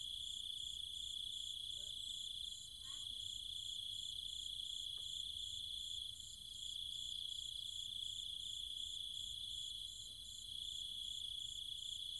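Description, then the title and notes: Cicadas keeping up a shrill continuous chorus with pulsing overtones, while a few faint short chirps appear around two, three and five seconds. Cicadas and other insects calling at night in trees and fields, Chiang Mai, Thailand, countryside. "Cicada countryside, Thailand. Nighttime sounds of the cicadas and insects in the trees and fields, Chiang Mai, Thailand. Recorded by Alex Boyesen"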